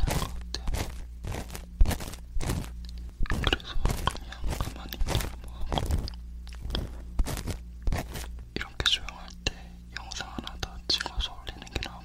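Ear cleaning with a wooden ear pick: a run of sharp, crunchy scrapes and taps, fast and irregular in the first half, then sparser. Soft rustling brushing and faint whispered sounds fill the later seconds over a steady low hum.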